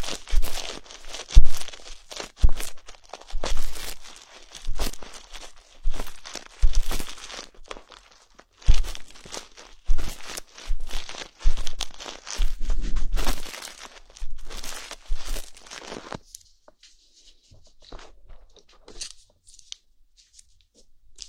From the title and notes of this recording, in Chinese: 梵天掏耳。